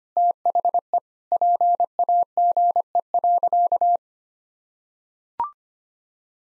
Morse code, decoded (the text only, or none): THE PAGE.